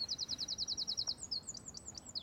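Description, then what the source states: Eurasian wren song: a high, rapid trill of evenly repeated notes running for about a second, then quick varied chirping notes sweeping up and down. Wren lured into undergrowth where wrens usually live; territorial bird reacting immediately, showing it holds a territory there; small bird with a very loud voice.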